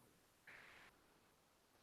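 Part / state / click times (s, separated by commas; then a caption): collet retaining clip into PTFE tube push-fit coupling / not seated / none. A small plastic retaining clip is pushed under the blue collet cap of a PTFE tube push-fit coupling on a 3D printer, but it is the wrong size, breaks, and will not snap into place. Against a steady low background hiss, a brighter hissing rustle centred around 2 kHz rises from about 0.5 s to 0.9 s and then stops. Nothing has seated or clicked yet.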